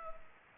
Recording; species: mosquito wingbeat signal from an infrared sensor; Culex pipiens